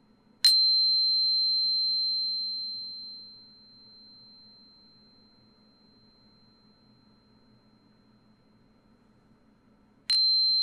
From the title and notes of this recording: 音叉療癒 淨化心靈 Tuning Fork(OM136.1HZ&4096HZ) No Talking.